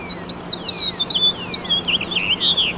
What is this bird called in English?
House Finch